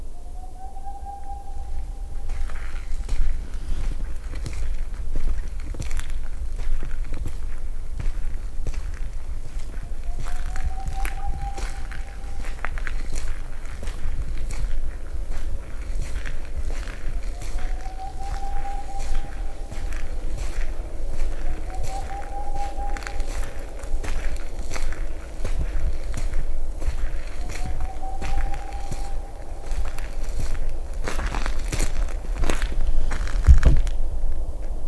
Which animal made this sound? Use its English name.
Boreal Owl